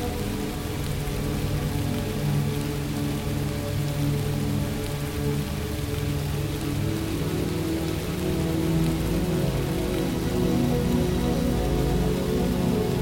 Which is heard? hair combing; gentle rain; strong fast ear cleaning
gentle rain